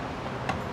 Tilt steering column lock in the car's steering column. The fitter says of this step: and then it just clicks back into place and like the entire cluster along with the wheel is positioned perfectly I love it